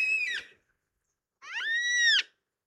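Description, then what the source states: Yellow-tailed black cockatoo giving two drawn-out, wailing cries, the first falling at the end, the second longer and arched, separated by just under a second of silence. Three huge birds with about a 3-foot wingspan, jet black against a blue sky, over dry forest; the source says they have an amazing voice, heard as a wailing cry.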